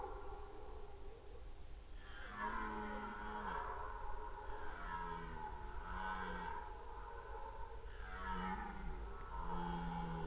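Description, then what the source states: Red deer roaring: several deep, drawn-out harmonic groans in succession over a constant background hiss. Roaring during the rut, recorded in 2011.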